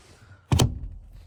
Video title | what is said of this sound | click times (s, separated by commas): HOW TO REMOVE SPARE TIRE ON A 2018 - 2020 FORD F150 | so it locks in place and then make sure you secure it | 0.5 s, 0.6 s